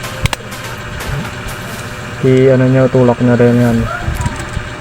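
A plastic chassis is set on the top layer of a spinning top and pressed down until it snaps into place, with two sharp clicks at 0.3 s and 0.3 s confirming it is seated. Someone talks, and a loud steady hum runs from about 2.2 s to 3.9 s.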